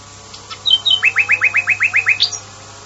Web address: varie usignolo